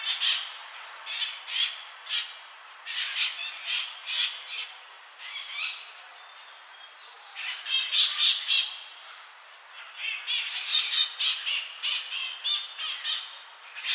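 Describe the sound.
Bird giving scattered harsh squawks and chattering notes, irregular in timing, with quieter stretches between bursts.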